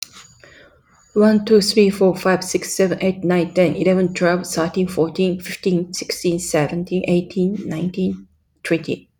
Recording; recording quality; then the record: counting at a fast pace; excellent, no background noise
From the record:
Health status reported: healthy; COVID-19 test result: negative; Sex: female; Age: 55 years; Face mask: not worn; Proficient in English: yes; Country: India